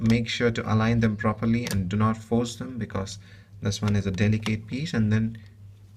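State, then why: Not seated. An EF-S interchangeable lens is being lined up by its white mark with the white dot on the bayonet mount of a Canon EOS 1200D DSLR camera body, to be twisted until it locks. Someone talks throughout while the lens is handled. Nothing has seated or clicked yet.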